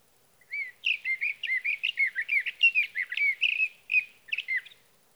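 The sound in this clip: Sage thrasher song, a steady stream of quick warbled notes, about three per second, varied and slightly scratchy, trailing off with a few separate phrases.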